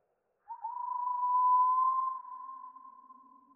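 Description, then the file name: Slowed wallcreeper call: one drawn-out whistle that rises slightly at first, holds steady, then fades, with a faint low tone near the end. Slowed down. "TICHODROME RALENTI"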